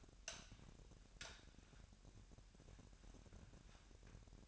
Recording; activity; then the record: daily activity, microphone in the room; light on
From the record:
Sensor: 2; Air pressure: 1011.8 hPa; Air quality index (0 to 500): 212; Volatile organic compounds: 3 ppm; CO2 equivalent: 1493 ppm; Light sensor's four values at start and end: 10/23/10/10 and 15/40/16/16